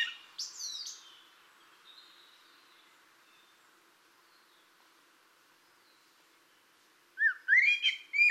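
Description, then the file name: Common blackbird with faint high notes at the start, then a loud burst of squeaky, rising twittering phrases near the end after a quiet stretch. "Turdus merula"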